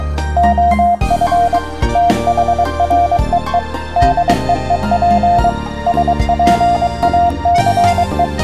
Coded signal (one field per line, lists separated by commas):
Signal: Morse code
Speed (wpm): 23 wpm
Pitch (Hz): 700 Hz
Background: music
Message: OF THREE DEEP SPACE